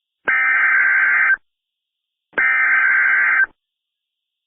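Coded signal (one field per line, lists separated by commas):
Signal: Emergency Alert System (SAME) tones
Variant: header bursts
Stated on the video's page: Fictional Emergency Alert System scenario made for entertainment, played very loud.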